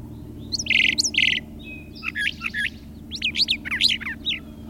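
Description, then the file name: Brown thrasher singing a quick run of varied phrases: two buzzy doubled notes, then slurred whistles and clipped chirps, over a low steady hum. "suara-kicauan-brown-trasher -omkicau"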